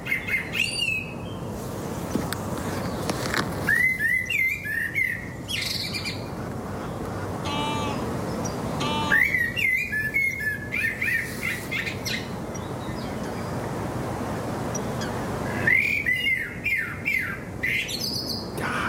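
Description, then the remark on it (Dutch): A common blackbird, recorded in IJsselstein in the Netherlands, sings in repeated phrases, mellow fluting notes rising into higher twittering flourishes, with short pauses between bursts over a steady low background hiss. “Kievieten, wulpen en deze merel van Trix Volkers uit IJsselstein.”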